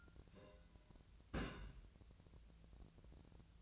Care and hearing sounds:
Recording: daily activity, microphone in the room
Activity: place on stove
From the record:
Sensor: 2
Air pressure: 1009.8 hPa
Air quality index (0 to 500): 181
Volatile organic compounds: 10 ppm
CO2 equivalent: 2256 ppm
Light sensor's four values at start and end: 30/73/32/35 and 30/73/32/35

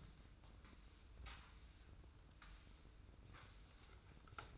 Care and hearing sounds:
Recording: daily activity, microphone in the room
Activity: sweep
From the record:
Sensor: 2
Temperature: 25.1 degrees Celsius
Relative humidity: 45.4%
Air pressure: 990.3 hPa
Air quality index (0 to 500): 210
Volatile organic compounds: 1000 ppm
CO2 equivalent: 6742 ppm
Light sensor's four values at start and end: 28/68/27/28 and 23/56/22/23

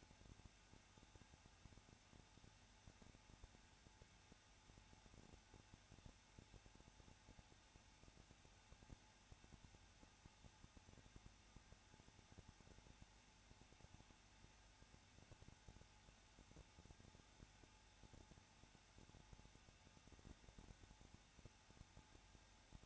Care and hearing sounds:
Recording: daily activity, microphone in the room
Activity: no activity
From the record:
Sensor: 2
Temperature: 21.0 degrees Celsius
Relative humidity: 34.2%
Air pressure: 994.4 hPa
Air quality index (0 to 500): 171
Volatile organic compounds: 3 ppm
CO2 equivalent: 1329 ppm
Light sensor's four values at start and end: 2/3/2/2 and 2/3/2/2

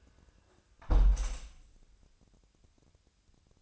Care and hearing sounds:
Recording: daily activity, microphone in the room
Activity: close window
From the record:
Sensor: 2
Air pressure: 1000.3 hPa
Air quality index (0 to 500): 162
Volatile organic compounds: 3 ppm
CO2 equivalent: 1347 ppm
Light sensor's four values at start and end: 11/30/11/13 and 11/30/11/13

